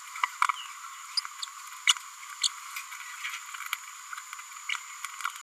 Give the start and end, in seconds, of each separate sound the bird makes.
0.49-0.52, 1.17-1.20, 1.42-1.45, 1.87-1.93, 2.43-2.48, 4.69-4.71